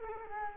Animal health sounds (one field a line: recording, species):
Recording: mosquito wingbeat signal from an infrared sensor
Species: Culex quinquefasciatus